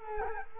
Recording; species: mosquito wingbeat signal from an infrared sensor; Culex quinquefasciatus